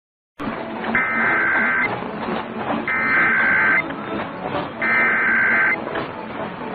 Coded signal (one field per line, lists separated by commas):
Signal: Emergency Alert System (SAME) tones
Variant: header bursts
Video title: PA/GA RMTS - Pennsylvania/Georgia Monthly Tests (02/16/2022-02/17/2022) - EAS #25-27